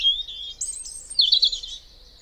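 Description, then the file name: European robin song phrase of thin high whistles rising to very high notes, then a quick jumbled warble, fading at the end. "Erithacus rubecula"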